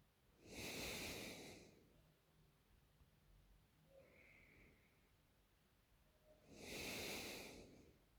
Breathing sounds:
nose breathing near a microphone
0.00-0.21 s: inhalation
0.21-1.95 s: exhalation
3.73-6.31 s: inhalation
6.31-7.91 s: exhalation
From the record:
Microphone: phone

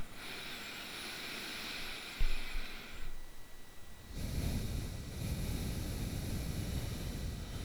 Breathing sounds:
nose breathing near a microphone
0.00-3.90 s: inhalation
3.90-7.65 s: exhalation
From the record:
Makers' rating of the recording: bad

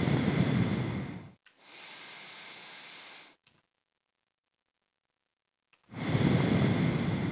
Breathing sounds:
nose breathing near a microphone
0.00-1.44 s: exhalation
1.44-3.44 s: inhalation
5.69-7.32 s: exhalation
From the record:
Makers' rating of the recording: medium

